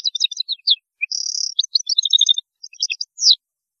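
European goldfinch singing a fast, liquid jumble of high chirps, with a drawn-out buzzy rattle in the middle and a sharp descending note at the end.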